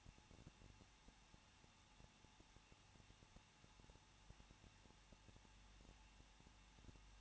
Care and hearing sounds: daily activity, microphone in the room; no activity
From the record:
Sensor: 1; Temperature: 20.1 degrees Celsius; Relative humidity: 39.2%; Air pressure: 1006.3 hPa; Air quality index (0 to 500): 217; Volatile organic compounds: 77 ppm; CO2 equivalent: 3578 ppm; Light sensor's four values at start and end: 1/2/1/1 and 1/2/1/1

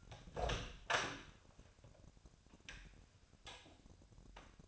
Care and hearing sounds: daily activity, microphone in the room; open door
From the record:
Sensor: 2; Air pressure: 1007.1 hPa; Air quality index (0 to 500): 190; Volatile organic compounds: 12 ppm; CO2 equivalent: 2328 ppm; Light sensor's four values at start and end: 10/23/9/10 and 10/24/10/10

